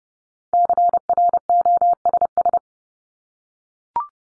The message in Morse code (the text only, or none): CROSS